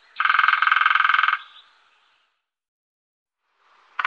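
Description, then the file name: Lesser spotted woodpecker drumming: a rapid, even rattle of taps lasting just over a second, then silence before another roll begins. "Mindre hackspett"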